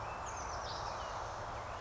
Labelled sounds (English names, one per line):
Oak Titmouse